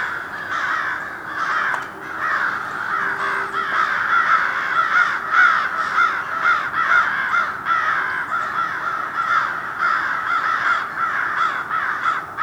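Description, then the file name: Continuous din of crow caws, hoarse and overlapping, a crowd of birds calling steadily with no clear gaps. A group of crows mobbing in Somerset, New Jersey, USA; dated 02-12-07. "Somerset NJ Crow Mob"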